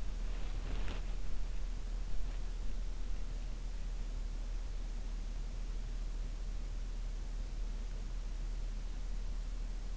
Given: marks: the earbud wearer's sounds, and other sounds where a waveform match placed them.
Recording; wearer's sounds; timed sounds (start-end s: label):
sounds in sleep by an in-ear microphone; body movement
0.00-1.53 s: body movement